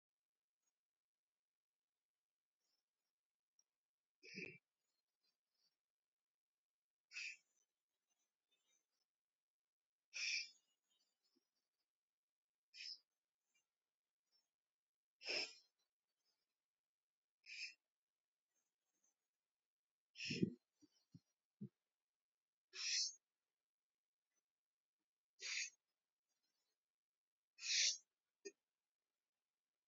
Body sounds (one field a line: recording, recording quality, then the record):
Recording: deep breathing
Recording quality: excellent, no background noise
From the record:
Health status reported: healthy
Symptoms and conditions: diabetes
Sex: female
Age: 64 years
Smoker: not ticked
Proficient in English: yes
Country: India